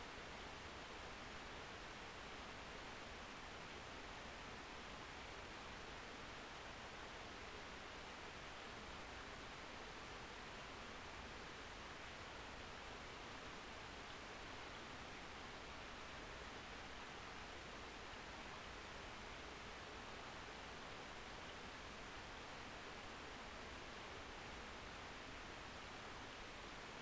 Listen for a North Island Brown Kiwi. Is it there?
no